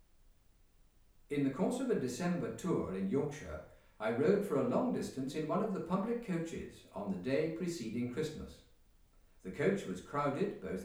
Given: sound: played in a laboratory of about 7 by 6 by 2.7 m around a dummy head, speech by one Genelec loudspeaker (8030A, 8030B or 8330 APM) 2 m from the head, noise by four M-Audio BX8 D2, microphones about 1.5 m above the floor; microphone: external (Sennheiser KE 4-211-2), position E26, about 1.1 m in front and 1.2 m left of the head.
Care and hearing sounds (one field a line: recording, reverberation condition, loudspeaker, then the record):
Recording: male speech in English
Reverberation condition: medium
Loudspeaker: 120 degrees to the left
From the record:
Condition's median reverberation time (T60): about 510 ms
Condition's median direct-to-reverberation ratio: about -0.5 dB